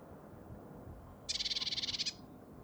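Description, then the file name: Great tit making a single churr, about fifteen fast pulses packed into under a second, harsh and buzzy, against soft background noise. "Parus major"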